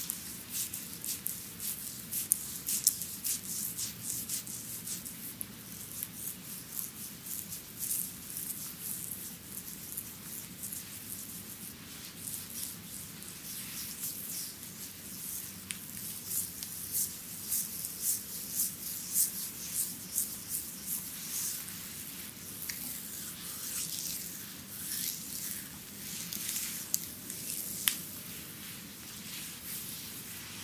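A Chinese bamboo massage fills the clip with steady, dense crackling and rustling, like rough friction against skin or cloth. Bright, rapid ticks run throughout over a low hum, with a few sharper clicks near the start and around 28 seconds.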